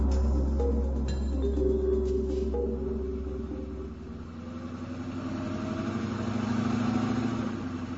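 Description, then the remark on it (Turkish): A minibus engine idles with a steady low rumble, then revs up, its pitch climbing and wavering as the vehicle pulls away and keeps driving. No voices are heard. “Çocukları alıp minibüse bindir, ben de geliyorum.”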